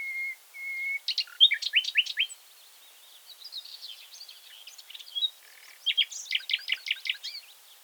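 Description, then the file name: Common nightingale song: a pure whistled note twice, then rapid rattling trills and chirps in bursts, a quieter warbled passage, and another fast chattering phrase. "Luscinia megarhynchos"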